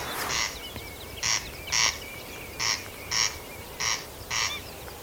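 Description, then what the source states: Corncrake calling: harsh, rasping double notes, crex-crex, each pair about half a second apart and repeated roughly every 1.3 seconds, with a thin whistle from another bird in the background. Male on the Hebridean island of Tiree calling from the other side of a field, using a bank as an echo chamber so the call sounds much louder.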